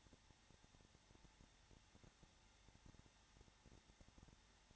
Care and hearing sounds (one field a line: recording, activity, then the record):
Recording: daily activity, microphone in the room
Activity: no activity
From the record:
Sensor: 3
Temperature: 21.3 degrees Celsius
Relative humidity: 33.3%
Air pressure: 994.5 hPa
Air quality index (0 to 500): 168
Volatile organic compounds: 3 ppm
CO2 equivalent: 1461 ppm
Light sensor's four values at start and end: 2/3/2/2 and 2/3/2/2